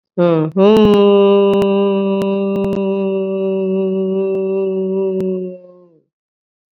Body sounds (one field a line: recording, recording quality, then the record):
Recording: sustained vowel as in boot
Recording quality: excellent, no background noise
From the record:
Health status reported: COVID-19 positive, mild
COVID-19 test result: positive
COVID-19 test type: RT-PCR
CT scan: not taken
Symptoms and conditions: cough, fever, fatigue, muscle pain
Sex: female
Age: 55 years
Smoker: no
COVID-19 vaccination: both doses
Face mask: not worn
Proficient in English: yes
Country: India